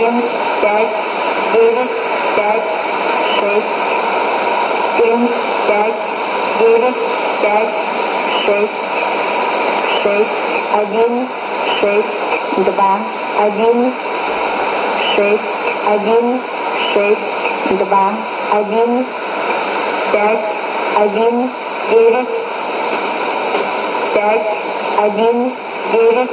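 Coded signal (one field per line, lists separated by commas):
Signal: numbers station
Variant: S06s Russian Lady, Russian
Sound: woman's voice reading short Russian number words at an even pace over hiss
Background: radio static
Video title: 08 10 2019 S06s Russian Lady numbers station in Russian to Eu 0745 on 11560 unknown tx site USB+AM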